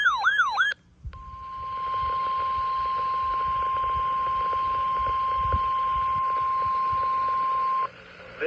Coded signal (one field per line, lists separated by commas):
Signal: Emergency Alert System (SAME) tones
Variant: 1050 Hz attention tone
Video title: LSX WWG49 Required Weekly Test 6/25/25 EAS #443